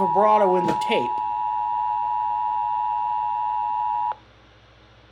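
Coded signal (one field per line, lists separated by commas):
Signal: Emergency Alert System (SAME) tones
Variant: 853 and 960 Hz attention tone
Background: speech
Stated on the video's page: Tones played from a VCR to self-activate a Uniden BC370CRS scanner.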